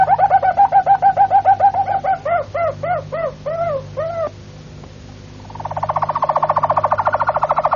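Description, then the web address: Harz Roller canary singing a series of hollow, looping notes repeated several times a second, a brief pause, then a continuous soft rolling trill, with a low hum behind. "canarios cantoharz"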